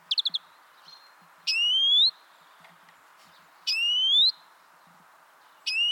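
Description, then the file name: European greenfinch with a quick burst of short chips, then three clear, upward-sliding whistled calls repeated about every two seconds. "Chloris chloris"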